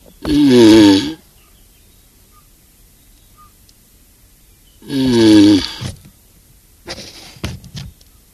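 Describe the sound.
Galapagos tortoise gives two gruff, wavering groans about five seconds apart, followed by a few short knocking sounds.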